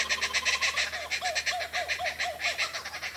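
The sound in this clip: Laughing Kookaburra laugh, a fast run of rhythmic cackling notes repeated several times a second.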